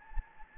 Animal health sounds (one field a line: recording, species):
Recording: mosquito wingbeat signal from an infrared sensor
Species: Anopheles gambiae